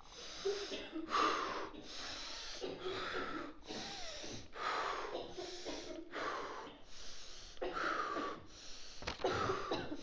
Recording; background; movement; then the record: deep breathing; a bystander coughing; walking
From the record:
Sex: male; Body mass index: 22.0 kg/m2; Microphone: on the chest, facing outward